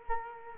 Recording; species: mosquito wingbeat signal from an infrared sensor; Culex quinquefasciatus